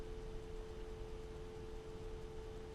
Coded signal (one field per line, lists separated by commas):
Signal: telephone call progress tone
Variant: North America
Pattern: dial tone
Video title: Cross Connecting Phone Lines in a Shopping Mall